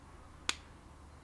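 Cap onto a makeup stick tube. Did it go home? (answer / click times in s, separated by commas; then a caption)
yes / 0.5 s. The cap is pushed shut onto a light but solid plastic tube of cream-to-powder shimmer makeup stick. A single sharp, bright click sounds at 0.5 s over a quiet background. The cap seats closed with a satisfying click.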